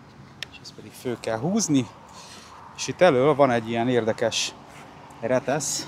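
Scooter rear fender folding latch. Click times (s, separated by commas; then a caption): 0.4 s. Pressing down on the rear fender (mudguard) of a folding scooter releases its folding latch with a sharp, short click at 0.4 s, and the stem is then pulled up. Someone talks through the rest of the clip, and the latch comes open.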